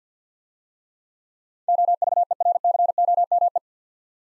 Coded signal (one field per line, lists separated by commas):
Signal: Morse code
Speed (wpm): 52 wpm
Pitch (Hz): 700 Hz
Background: none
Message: OVERCOME